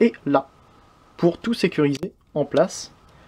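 A plastic brick torso piece is being handled over the chest frame of a large custom brick-built transforming robot, ready to be pressed down onto its mounting points. Only a man talking is heard. Nothing has seated or clicked yet.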